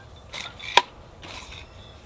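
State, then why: Seated. A Milwaukee M12 Rocket Light 2132-20 job light has its telescoping mast section extended along the pole, with brief sliding scrapes around 0.3–0.5 s. A single sharp click at 0.8 s marks the lock engaging, a positive lock, followed by softer rubbing from about 1.2 to 1.6 s. The mast is locked into place.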